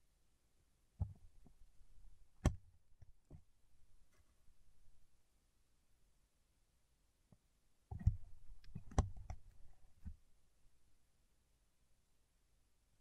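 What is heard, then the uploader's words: Fingertips work against wax in short bursts: soft low rubs and sticky taps with a few sharp clicks. One cluster runs from about one to four seconds, then near silence until a denser flurry around eight to ten seconds, which fades out. ASMR with Wax Fingertips for Sleep (No Talking).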